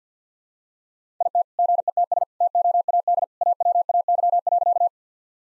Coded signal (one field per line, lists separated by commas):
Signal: Morse code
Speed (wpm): 50 wpm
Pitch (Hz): 700 Hz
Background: none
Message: IT GETS TOAD AWAY.